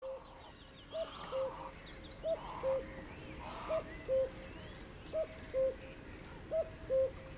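Cuckoo calling its two-note cu-coo, a higher note falling to a lower one, repeated about every one and a half seconds over steady background hiss.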